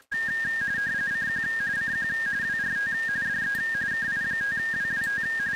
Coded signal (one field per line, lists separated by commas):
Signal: RTTY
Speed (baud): 45.45 baud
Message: CQ CQ WRT DE KI5WWT